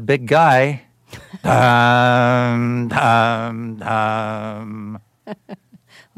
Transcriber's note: imitating music; laughter